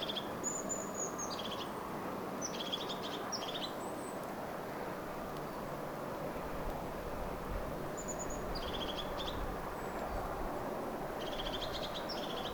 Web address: paivat 12 10 2024 tuollaista toyhtotiaisen aantelya